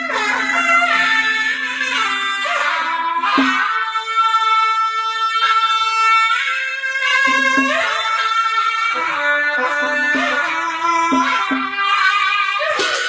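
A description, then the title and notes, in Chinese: A suona plays a bright, reedy melody with dense overtones, moving in short bends and sustained notes. A low steady drone sits beneath it for the first few seconds and returns from about seven seconds on, and the loudness stays fairly even throughout. 辽阳，唢呐。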